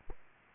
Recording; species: mosquito wingbeat signal from an infrared sensor; Aedes aegypti